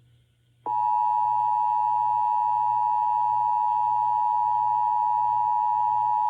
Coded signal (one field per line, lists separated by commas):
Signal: Emergency Alert System (SAME) tones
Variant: 853 and 960 Hz attention tone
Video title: (EAS #456-457) Required Monthly tests 8/1/2022